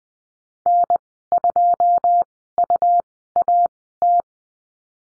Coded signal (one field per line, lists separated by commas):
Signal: Morse code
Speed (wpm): 20 wpm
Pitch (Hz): 700 Hz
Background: none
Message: N2UAT